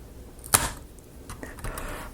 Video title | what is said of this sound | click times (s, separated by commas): Notre Dame De Paris Model Build Steps AE-AH | okay just a little extra Force but you know like I say it just pops into place | 0.5 s